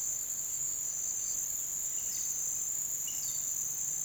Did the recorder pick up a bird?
no